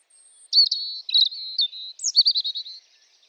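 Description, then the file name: European robin song: high, wavering warbled phrases sliding between notes, ending in a fast, bright trill. "Erithacus rubecula"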